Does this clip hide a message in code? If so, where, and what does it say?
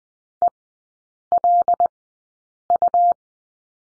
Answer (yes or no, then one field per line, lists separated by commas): yes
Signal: Morse code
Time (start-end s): 0.4-3.1 s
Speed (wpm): 20 wpm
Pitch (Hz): 700 Hz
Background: none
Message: ELU